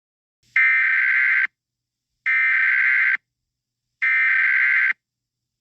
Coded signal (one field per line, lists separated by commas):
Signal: Emergency Alert System (SAME) tones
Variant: header bursts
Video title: EAS SCENARIO 17: Wenda's Revenge